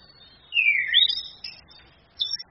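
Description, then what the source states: Orange-headed thrush giving a clear whistled phrase that drops, then rises into higher notes, followed by a brief high twitter. Female; used to train other birds (masteran).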